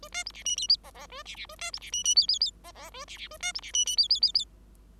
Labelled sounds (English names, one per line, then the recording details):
Bengalese Finch song
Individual Bird5